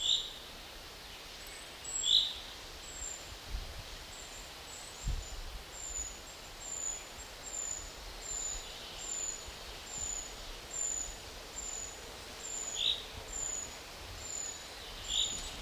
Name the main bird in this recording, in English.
Common Chaffinch